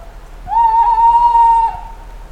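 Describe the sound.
Owl producing one long, steady whistled hoot of over a second, even in pitch, with a soft fading tail.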